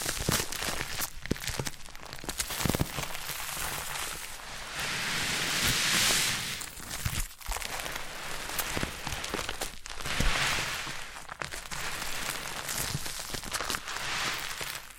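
Foam being massaged and squeezed makes a dense, crackling hiss like rain, full of quick fizzing pops across the whole run. Brighter, smoother swells of squishing rise around six and ten seconds, while sharper clicks and short breaks punctuate the texture throughout.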